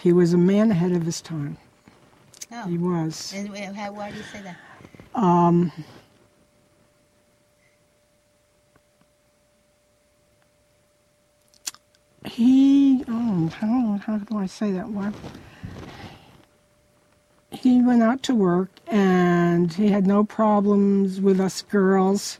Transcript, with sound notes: He was a man ahead of his time. He was.
Oh. Why do you say that?
[long pause] He—how do I say that? He went out to work and he had no problems with us girls